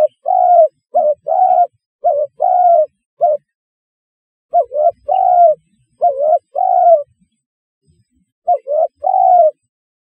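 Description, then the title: Spotted dove coo phrases, low mellow notes clustered in short bursts separated by silent gaps of a second or two. "Tekukur"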